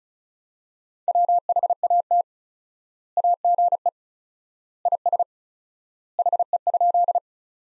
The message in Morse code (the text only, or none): WHAT AGE IS HE?